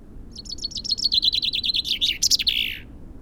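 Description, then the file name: Common chaffinch song: a quick run of repeated chipping notes falling gradually in pitch and ending in a buzzy flourish, over low background noise. "Fringilla coelebs"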